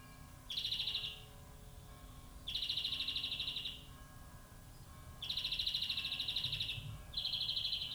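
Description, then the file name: European greenfinch repeating fast, buzzy rattling trills in four bursts separated by pauses, against soft steady background noise. "Chloris chloris"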